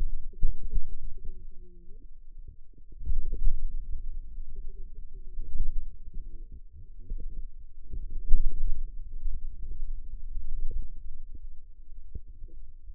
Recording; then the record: forearm muscle sounds (acoustic myography)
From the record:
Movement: finger pinch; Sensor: system 2, bracelet of six BSWA MPA416 microphones around the upper forearm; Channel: 6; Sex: female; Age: 21 years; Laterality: right